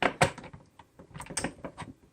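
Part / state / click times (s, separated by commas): toy fuel pod release button on vehicle / not seated / none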